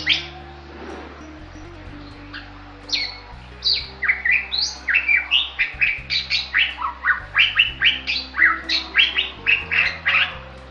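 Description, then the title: Bali myna song that starts quietly, then builds into a busy, rapid stream of varied squeaky whistles and harsh chirps, several per second, over a soft steady hum. Indonesian title calls the bird gacor, describing a vigorous, continuous singing style. "Jalak Bali Gacor"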